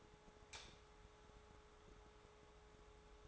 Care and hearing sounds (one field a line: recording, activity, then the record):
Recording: daily activity, microphone in the room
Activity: light on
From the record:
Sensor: 3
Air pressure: 1010.2 hPa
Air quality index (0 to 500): 168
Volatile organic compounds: 10 ppm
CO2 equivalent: 2202 ppm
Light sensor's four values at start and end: 48/119/52/58 and 51/128/56/61